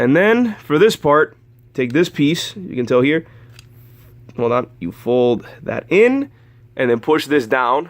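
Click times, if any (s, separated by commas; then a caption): none. Someone talks while handling a plastic piece of a Transformers The Last Knight Voyager Nitro transforming toy figure, folding it in to push it down into the figure's body, with a steady low hum underneath. A brief faint tick is heard at about 3.6 s between phrases. The clip ends before the piece goes home; nothing has seated or clicked yet.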